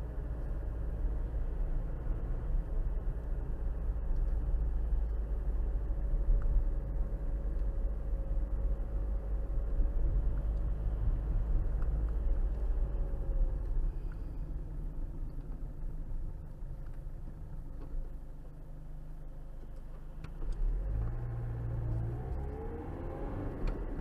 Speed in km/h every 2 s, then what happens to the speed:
40, 40, 39, 37, 35, 37, 37, 27, 11, 0, 0, 18.
0-12 steady at about 37. 12-18 brakes to 0. 18-20 standing. 20-24 pulls away to 18.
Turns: none.